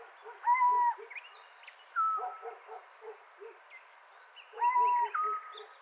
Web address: athene noctua call